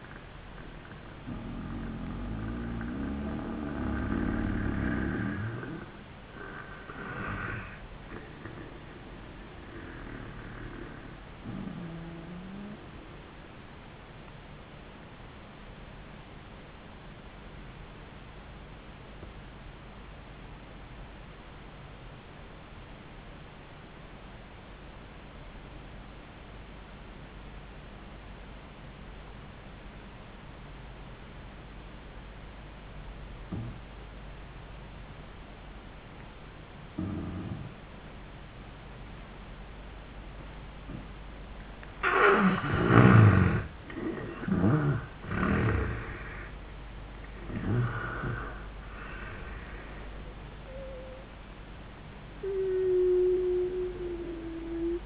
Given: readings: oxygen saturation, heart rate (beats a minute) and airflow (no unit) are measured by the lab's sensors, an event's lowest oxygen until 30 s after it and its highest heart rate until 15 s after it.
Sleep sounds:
breathing in sleep by a voice recorder at the bedside; 1
15.00-42.30 s: obstructive apnea (N1, oxygen 97% highest, then 81% lowest, heart rate 70 at the start, 89 highest)
21.00-51.00 s: new sleep stage, N2 (light sleep)
51.00-55.06 s: new sleep stage, N1 (lightest sleep)
From the record:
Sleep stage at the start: N1 (lightest sleep); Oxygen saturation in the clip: 80 to 97%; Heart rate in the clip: 70 to 89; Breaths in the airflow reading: 6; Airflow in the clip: -13.7 to 8.5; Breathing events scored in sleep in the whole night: 400 in 8.7 hours asleep

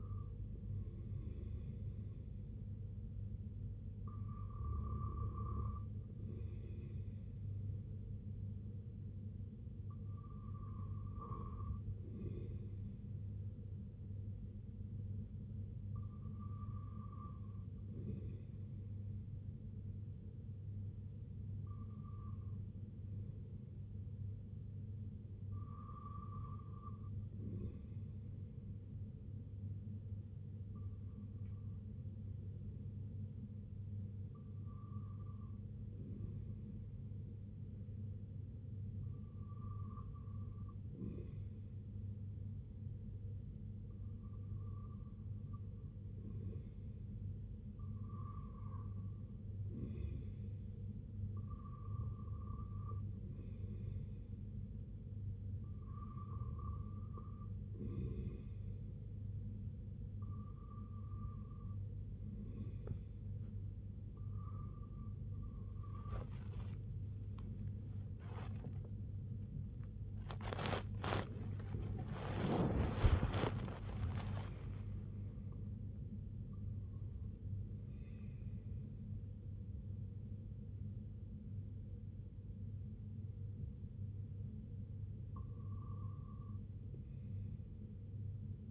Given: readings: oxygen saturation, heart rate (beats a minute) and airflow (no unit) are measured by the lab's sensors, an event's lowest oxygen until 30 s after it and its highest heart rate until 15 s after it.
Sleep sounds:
breathing in sleep by a smartphone at the bedside; 1
26.00-49.00 s: hypopnea (REM, oxygen 97% highest, then 95% lowest, heart rate 66 at the start, 69 highest)
63.00-88.71 s: new sleep stage, N1 (lightest sleep)
From the record:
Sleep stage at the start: REM sleep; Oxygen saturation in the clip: 94 to 97%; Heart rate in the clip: 62 to 89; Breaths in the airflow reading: 17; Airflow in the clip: -9.1 to 5.2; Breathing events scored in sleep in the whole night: 258 in 7.4 hours asleep

